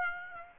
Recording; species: mosquito wingbeat signal from an infrared sensor; Aedes aegypti